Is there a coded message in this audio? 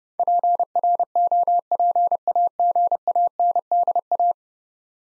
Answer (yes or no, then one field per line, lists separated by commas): yes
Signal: Morse code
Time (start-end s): 0.2-4.3 s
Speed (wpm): 30 wpm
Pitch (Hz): 700 Hz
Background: none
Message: PROPAGANDA